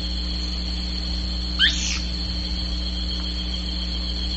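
Single brief bird call, a bright rising-then-falling slur, standing out over continuous hum and low background noise.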